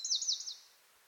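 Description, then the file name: Eurasian wren giving a brief, very high burst of three or four quick descending notes lasting about half a second, then quiet. "Troglodytes troglodytes"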